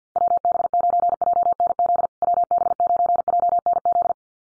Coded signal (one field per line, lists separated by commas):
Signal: Morse code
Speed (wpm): 50 wpm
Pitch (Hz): 700 Hz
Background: none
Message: WB9JNZ WB9JNZ